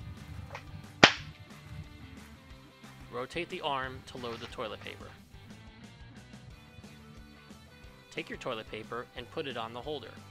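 A plastic toilet paper holder is pushed into its slot on a toy blaster, giving one sharp snap at 1.0 s as it clicks into place and seats. Someone talks over steady background music.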